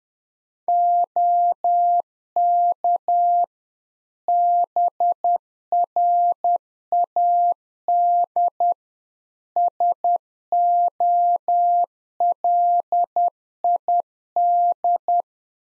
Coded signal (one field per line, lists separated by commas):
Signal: Morse code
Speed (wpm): 10 wpm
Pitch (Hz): 700 Hz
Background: none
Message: OK BRAD SOLID